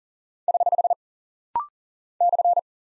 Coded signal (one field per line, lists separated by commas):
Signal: Morse code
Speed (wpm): 39 wpm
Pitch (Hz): 700 Hz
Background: none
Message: <HH> /